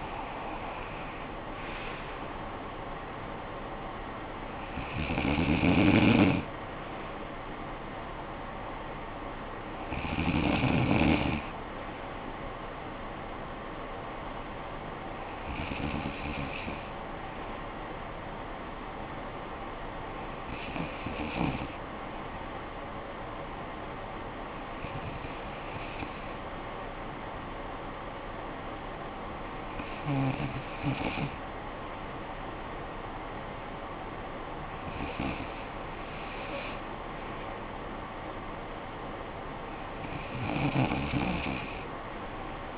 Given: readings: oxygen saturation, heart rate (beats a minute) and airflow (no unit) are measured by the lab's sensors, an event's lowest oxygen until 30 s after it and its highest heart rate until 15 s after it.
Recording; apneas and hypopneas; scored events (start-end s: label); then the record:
breathing in sleep by a voice recorder at the bedside; none
none scored
From the record:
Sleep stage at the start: N2 (light sleep); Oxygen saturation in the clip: 94 to 95%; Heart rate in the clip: 52 to 69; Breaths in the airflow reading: 9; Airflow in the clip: -14.0 to 7.4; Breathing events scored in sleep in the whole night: 445 in 7.6 hours asleep